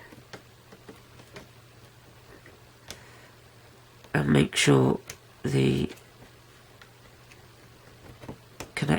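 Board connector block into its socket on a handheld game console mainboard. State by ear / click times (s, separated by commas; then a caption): seated / 8.6 s, 8.8 s. A board connector block is pressed into its socket on a Nintendo DSi handheld game console's mainboard during reassembly while someone talks, with faint ticks scattered through the quiet stretches. Two sharp little clicks land at 8.6 s and 8.8 s as the connector clicks in and seats.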